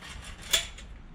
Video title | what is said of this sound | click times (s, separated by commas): How To Put Up & Take Down A Pop-Up Gazebo On Your Own in Under 10-Minutes! | feel it click in | 0.5 s